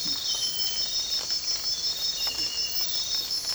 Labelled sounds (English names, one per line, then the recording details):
none
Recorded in dense forest near Puerto Asís, Putumayo, Colombia, on 8 March 2025 at 05:30
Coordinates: 0.467, -76.328
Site G041